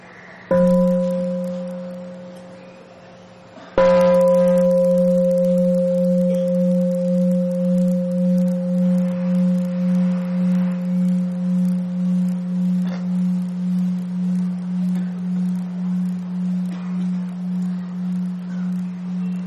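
A mindfulness bell, rung before a meal for the community to practice the five contemplations, is tapped lightly once, then struck fully, its deep, steady tone ringing out alone for about fifteen seconds with a slow, pulsing shimmer as it gradually fades.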